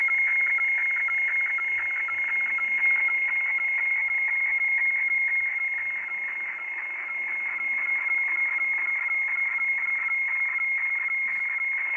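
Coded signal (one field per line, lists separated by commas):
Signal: weather fax (radiofax)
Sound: steady high whistle with scratchy, rhythmic ticking about twice a second in static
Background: radio static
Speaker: that chart this is boston by the way it's on the station in boston and they broadcast weather charts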